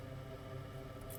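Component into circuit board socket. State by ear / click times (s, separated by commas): not seated / none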